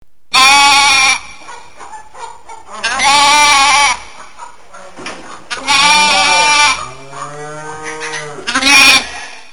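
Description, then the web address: Ram bleating: four loud, wavering, nasal bleats of about a second each, spaced roughly every two to three seconds, with a softer lower bleat between the third and fourth. Male (ram). "zvuki Baran"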